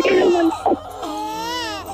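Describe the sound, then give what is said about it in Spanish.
A newborn baby girl cries in loud, wavering wails, a short burst followed by a longer, rising and falling high-pitched cry, with no talking over it. “¿ese es el llanto del niño? Sí, está. ¿Es el llanto de la niña?”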